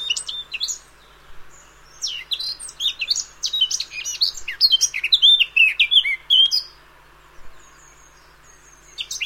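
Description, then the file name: Eurasian blackcap song: a brief twitter, then a long fast warble of scratchy and whistled notes lasting about five seconds, a pause, and another phrase beginning. "Sylvia atricapilla"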